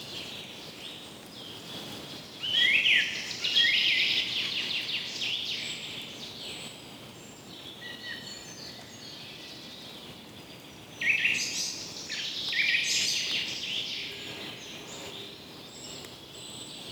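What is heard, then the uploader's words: A breezy morning in the trees brings soft steady wind hiss, broken by two bright bursts of bird chatter near three and eleven seconds. Breezy Morning in the Trees.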